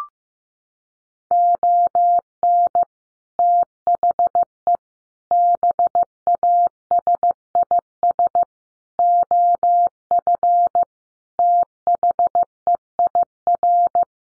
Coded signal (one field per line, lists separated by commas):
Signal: Morse code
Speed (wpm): 14 wpm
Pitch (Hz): 700 Hz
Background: none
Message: ON THE BASIS OF THEIR